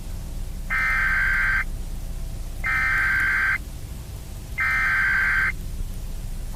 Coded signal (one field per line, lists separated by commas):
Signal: Emergency Alert System (SAME) tones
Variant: header bursts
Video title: EAS Scenario: Shadow Nebulosa's Rampage (Remastered)